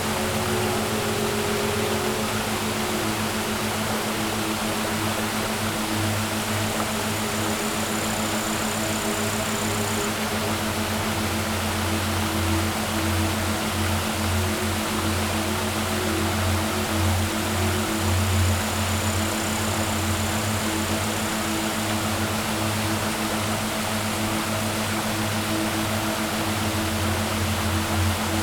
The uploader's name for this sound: Under The Waterfall